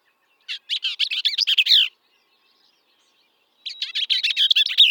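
Bell's vireo song: two rapid, scratchy, jumbled chattering phrases separated by nearly two seconds of silence.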